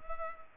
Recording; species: mosquito wingbeat signal from an infrared sensor; Culex pipiens